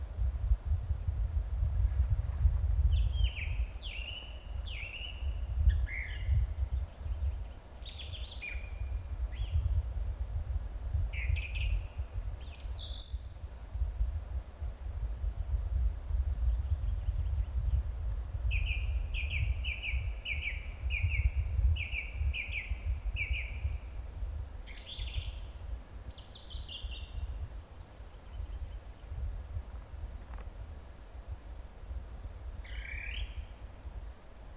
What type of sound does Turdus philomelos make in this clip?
song